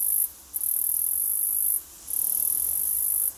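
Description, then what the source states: Cicada call: a sustained, very high-pitched buzz, broken by two short pauses and then resumed. Australia.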